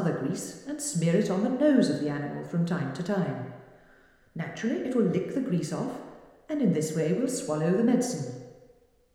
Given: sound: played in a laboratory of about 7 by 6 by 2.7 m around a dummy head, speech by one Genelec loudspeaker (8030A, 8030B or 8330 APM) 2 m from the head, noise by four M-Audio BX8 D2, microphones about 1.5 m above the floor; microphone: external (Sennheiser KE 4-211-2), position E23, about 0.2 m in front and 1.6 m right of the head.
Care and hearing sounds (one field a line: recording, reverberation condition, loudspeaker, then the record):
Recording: female speech in English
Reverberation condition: high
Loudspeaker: 60 degrees to the right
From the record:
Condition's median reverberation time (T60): about 1300 ms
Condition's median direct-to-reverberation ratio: about -4.0 dB